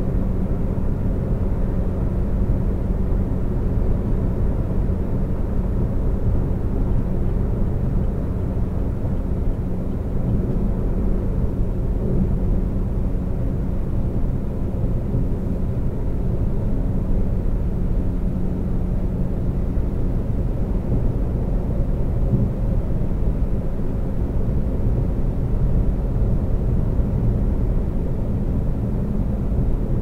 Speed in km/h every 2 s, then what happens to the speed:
130, 130, 130, 130, 130, 130, 130, 130, 130, 130, 130, 130, 130, 130, 130.
0-30 steady at about 130.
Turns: none.